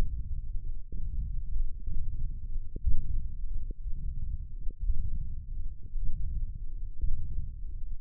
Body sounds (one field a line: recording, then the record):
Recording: forearm muscle sounds (acoustic myography)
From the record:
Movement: wrist extension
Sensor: system 1, eight BSWA MPA416 microphones around the upper forearm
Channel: 2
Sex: male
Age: 21 years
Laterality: right